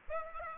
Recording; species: mosquito wingbeat signal from an infrared sensor; Aedes aegypti